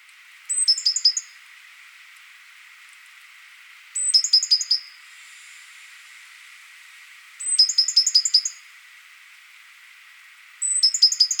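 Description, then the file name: Great tit calls: short bursts of several sharp ringing notes, repeated roughly every three seconds, over a faint steady hiss. "Parus major"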